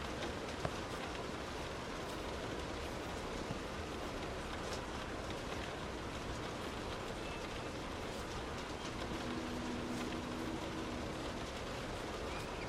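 Rain and road noise fill the inside of a moving car with a steady, dense rumble and hiss, with a faint tone near the end.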